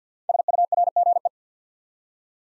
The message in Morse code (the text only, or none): SURGE